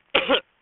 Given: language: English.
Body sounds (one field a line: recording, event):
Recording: throat vibration sensor signal played as sound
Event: cough